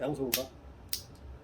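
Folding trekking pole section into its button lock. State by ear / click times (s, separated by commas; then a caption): seated / 0.9 s. Someone talks while holding a carbon folding trekking pole with both hands, pulling the second and third sections apart. At 0.9 s the push-button lock engages with a sharp click, fixing the section in place.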